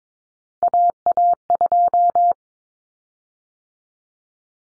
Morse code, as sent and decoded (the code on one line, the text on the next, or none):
.- .- ..---
AA2